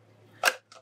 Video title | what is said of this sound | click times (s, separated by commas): Spray like a pro with the game-changing Graco Ultra Quickshot - 18v battery powered | yeah we're clicked into place there | 0.5 s